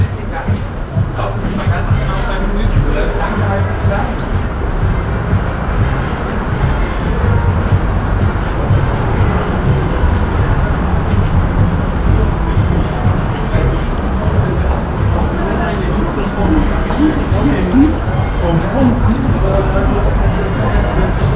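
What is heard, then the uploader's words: A busy underground station with a steady, dense wash of crowd chatter over a constant low rumble of trains, muffled and lacking brightness throughout. U-Bhf. Eberswalder Strasse.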